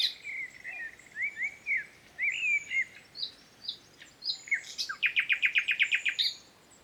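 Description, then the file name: Common nightingale song with sweeping whistled slurs and scattered high notes, climaxing in a fast machine-gun trill of many identical notes. "Luscinia megarhynchos"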